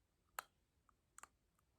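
A plastic clear orthodontic aligner tray is pressed by the fingers onto the lower teeth, pushed all the way to the back. It gives several sharp clicks, the loudest at 0.4 s and others at 1.2 s, as it seats. Those clicks are a good sign that the tray has snapped into place.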